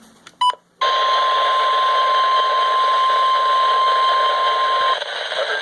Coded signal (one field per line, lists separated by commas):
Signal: Emergency Alert System (SAME) tones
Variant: 1050 Hz attention tone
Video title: Severe Thunderstorm Watch #32 - 03/06/2022 (EAS #994)